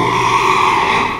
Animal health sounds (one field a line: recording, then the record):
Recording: squeal of a Yucatan mini pig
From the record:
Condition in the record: after surgery on the right vocal fold (resection and tissue-engineered implant)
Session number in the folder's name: 1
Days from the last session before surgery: 6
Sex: male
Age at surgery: 12 weeks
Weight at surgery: 13 kg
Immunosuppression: cyclosporine, prednisolone